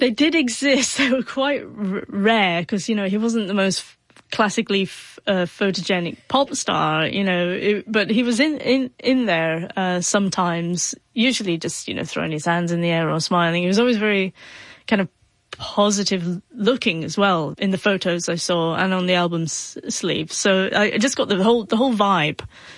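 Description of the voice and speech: Adult woman in conversation with brief word repetitions, prolonged sounds and hesitant pauses, fitting a mild stutter that has always been quite mild and not that prevalent.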